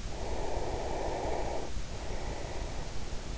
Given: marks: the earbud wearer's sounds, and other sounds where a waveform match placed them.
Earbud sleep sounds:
sounds in sleep by an in-ear microphone; breath
0.00-3.21 s: breath

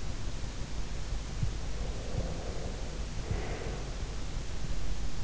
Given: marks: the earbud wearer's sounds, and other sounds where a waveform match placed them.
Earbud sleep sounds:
sounds in sleep by an in-ear microphone; breath
1.98-4.25 s: breath

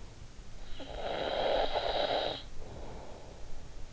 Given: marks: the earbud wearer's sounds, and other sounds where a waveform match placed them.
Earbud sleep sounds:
sounds in sleep by an in-ear microphone; snoring breath
0.35-3.72 s: snoring breath

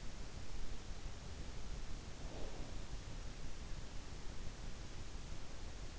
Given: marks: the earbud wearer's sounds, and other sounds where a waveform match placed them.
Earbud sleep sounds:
sounds in sleep by an in-ear microphone; breath
2.30-3.43 s: breath

